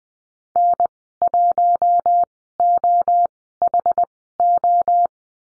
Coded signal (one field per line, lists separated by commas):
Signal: Morse code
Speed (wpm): 20 wpm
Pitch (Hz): 700 Hz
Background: none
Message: N1OHO